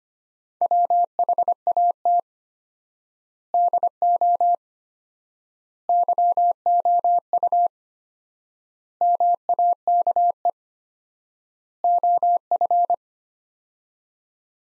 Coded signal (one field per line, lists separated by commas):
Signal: Morse code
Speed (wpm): 25 wpm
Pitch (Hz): 700 Hz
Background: none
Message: WHAT DO YOU MAKE OF